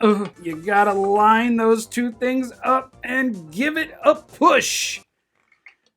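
Someone talks for about five seconds while a plastic tab and peg on the toy egg shell of a 1998 Trendmasters Godzilla Baby Godzilla (Hammer-Tail) figure are lined up and pushed, trying to seat the peg into its matching catch. Afterward, a few faint, short taps are heard between about 5.4 and 5.9 seconds. Nothing has clicked or latched shut yet.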